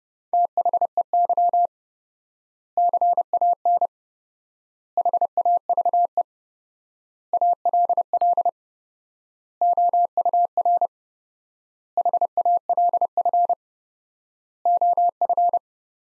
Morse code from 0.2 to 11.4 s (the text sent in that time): THEY CAN HAVE ALL OUR